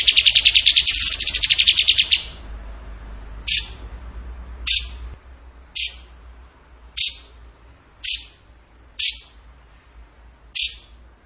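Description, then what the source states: Bird song: a rapid, rolling trill for two seconds, then single sharp, high chip notes repeated roughly once a second. Bird song in the tembakan gacor style, used for masteran training.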